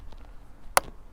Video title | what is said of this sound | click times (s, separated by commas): Magicshine Seemee 180 Smart Bike Tail Light Review - feat. Brake Sensor + 180 Lumen + Affordable | Then you apply some pressure and you hear that nice click and it's in | 0.8 s